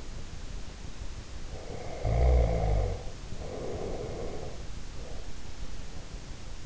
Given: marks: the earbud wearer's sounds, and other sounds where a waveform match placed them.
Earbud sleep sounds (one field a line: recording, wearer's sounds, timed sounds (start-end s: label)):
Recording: sounds in sleep by an in-ear microphone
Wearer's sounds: snoring breath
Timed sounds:
1.41-5.25 s: snoring breath